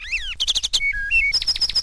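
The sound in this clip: Bird song of varied phrases: an arched slurred note, a rapid chattering burst, steady whistled tones at different pitches, then a fast run of high repeated notes.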